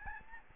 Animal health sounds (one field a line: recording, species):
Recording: mosquito wingbeat signal from an infrared sensor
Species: Aedes albopictus